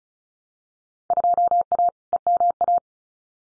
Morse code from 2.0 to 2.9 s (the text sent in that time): EMA